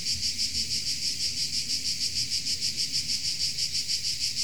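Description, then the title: Insects giving a high, pulsing buzz, beating evenly about three times a second over a soft low rumble. Insects in Tuscany. "Under Tuscan Bugs"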